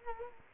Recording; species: mosquito wingbeat signal from an infrared sensor; Culex quinquefasciatus